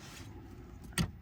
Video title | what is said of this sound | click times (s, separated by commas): How to change Mini Cooper Filters - Cabin Filter & Engine Filter Change - 2023 Mini Countryman | But then one side snaps in, and then so does the other side. | 1.0 s